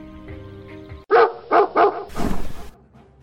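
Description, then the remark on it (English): A dog lets out three loud, sharp barks in quick succession, followed by a harsher, rasping burst, all over a low steady hum with no talking. “Leave my dog alone.”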